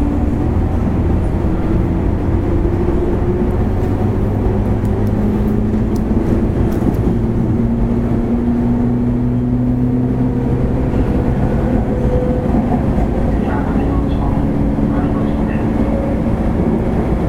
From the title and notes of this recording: JR西日本 103系電車の走行音です。 阪和線の普通列車で録音しました。 区間は、鶴ヶ丘から堺市までです。 Running sound of JR WEST 103 series train. A local train on the Hanwa Line.